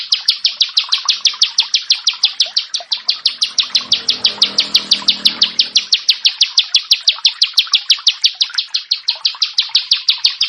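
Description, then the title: Bar-winged prinia song: rapid, regular high-pitched chipping notes repeated without break, with a faint low rumble in the background midway. "Ciblek Sawah"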